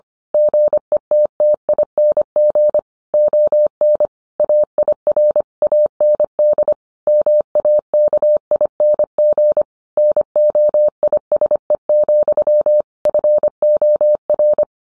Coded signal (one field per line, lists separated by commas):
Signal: Morse code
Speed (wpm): 25 wpm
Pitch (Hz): 600 Hz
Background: none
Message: GETTING ON AIR AND MAKING NOISE, FOR